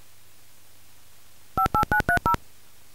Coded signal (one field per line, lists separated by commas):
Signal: DTMF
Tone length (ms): 90 ms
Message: 58930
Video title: Dial Tone: (The Juror) (Cinema Club)